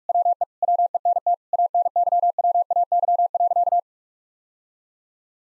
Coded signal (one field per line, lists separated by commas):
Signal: Morse code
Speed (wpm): 46 wpm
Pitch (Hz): 700 Hz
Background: none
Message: WE WENT ANYWAY.